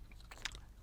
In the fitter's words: 它是一小块塑料，覆盖它，扣上。